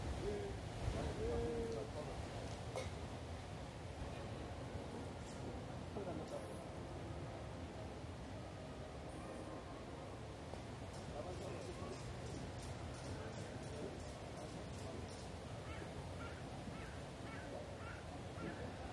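A busy outdoor scene in Munich's Englischer Garten, with a steady murmur of many voices over a low, constant rumble. Short tonal calls, likely geese, stand out near the start, and faint light clicks and taps come through the crowd noise throughout.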